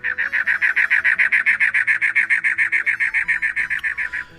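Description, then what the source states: Cactus wren song: a long series of grating, churring notes repeated at an even, fast pace, stopping abruptly at the end. Song described as sounding like a car trying to start up.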